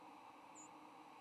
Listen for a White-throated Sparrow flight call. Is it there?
no